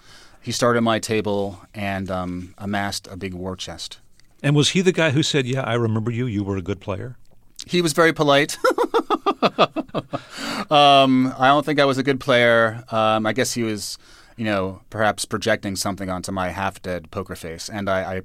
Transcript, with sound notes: He started at my table and amassed a big war chest.
And was he the guy who said yeah, I remember you, you were a good player?
He was very polite (laughter). I don't think I was a good player. I guess he was, you know, perhaps projecting something onto my half-dead poker face